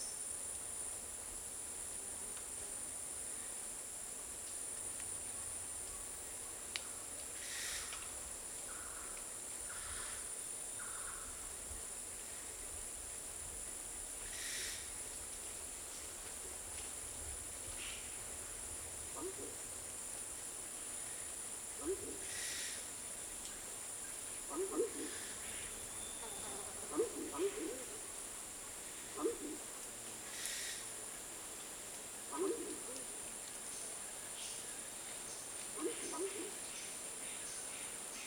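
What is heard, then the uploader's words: A morning rainforest atmosphere with a constant high insect whine running through the whole clip. Brief bright bird chirps break in every few seconds, and from about twenty seconds on, short low hooting calls repeat at a loose, uneven pace. British Library - Rainforest Atmosphere Morning (Recorded by Richard Ranft).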